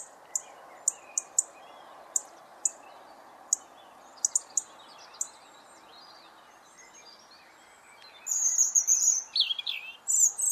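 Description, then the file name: European robin: sharp, very high ticking notes at irregular intervals fill the first half, then a European robin delivers a fluid burst of high warbling song near the end. "Erithacus rubecula"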